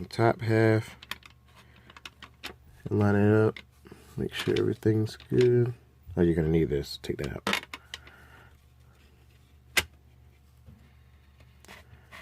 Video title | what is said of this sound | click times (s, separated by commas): Whitestone Dome Glass install on my Galaxy Note 10+ | it's lined up you'll you'll know because it makes that little click noise there | 9.8 s